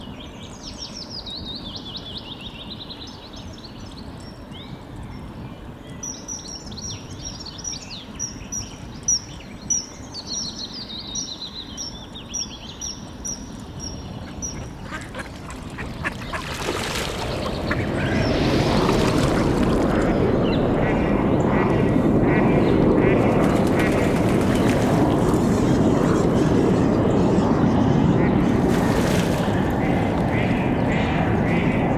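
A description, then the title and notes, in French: Birds chirp over a steady low rumble at a forest pond; after fifteen seconds the background swells louder and denser, with scattered clicks and rustles. Juste à l'aube, une ouverture vers l'intérieur du monde, qui est tout sauf hermétique aux bruits des terriens jusque dans le ciel. Conversation avec l'étang du Trou aux Gants et ses proches, en forêt de Meudon.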